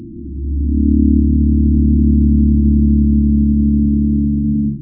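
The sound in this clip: Pygmy blue whale call: one long, steady, very low moaning tone with layered harmonics, holding level for over four seconds before fading.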